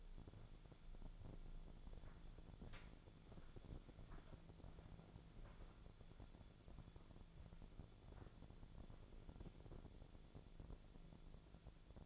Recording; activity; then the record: daily activity, microphone in the room; walk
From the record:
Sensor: 5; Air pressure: 1008.4 hPa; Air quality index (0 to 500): 154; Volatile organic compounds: 3 ppm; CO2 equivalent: 1481 ppm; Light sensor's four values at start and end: 66/182/72/73 and 66/182/72/73